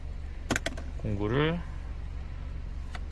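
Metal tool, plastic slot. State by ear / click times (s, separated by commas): seated / 0.5 s, 0.6 s, 0.7 s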